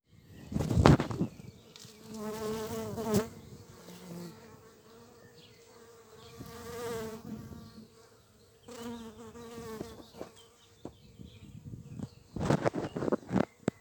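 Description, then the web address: Bee flight buzz: a low droning hum with stacked overtones in three passes that swell and fade, between bursts of noise. Flight sounds of bumblebees and bees in the local area; date code 220507. "Vols Bourdnabeilles 220507-Abeillesducoin"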